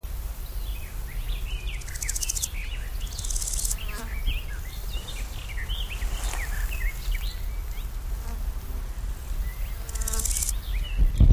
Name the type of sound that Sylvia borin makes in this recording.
alarm call